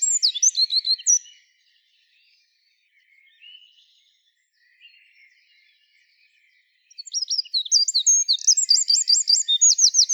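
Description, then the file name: Eurasian wren: the tail of one high, rattling song, a quiet gap with faint chirps, then a fresh outburst of rapid shrill notes and trills. "Troglodytes troglodytes"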